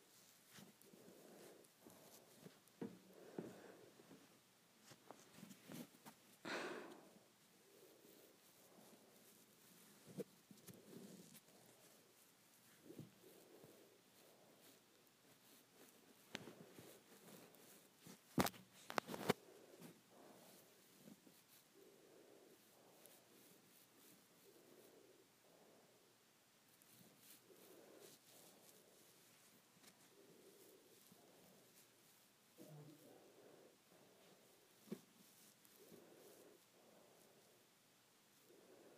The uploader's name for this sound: Playing with my Hair